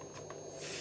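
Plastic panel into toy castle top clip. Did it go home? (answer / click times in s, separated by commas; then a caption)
yes / 0.3 s. A plastic panel is pushed with some force into a Playmobil Novelmore Starter Pack 70499 toy castle until it catches in a small clip at the top. Over a low rubbing, scraping background, a short sharp click lands at 0.3 s. The panel is seated and clicked in.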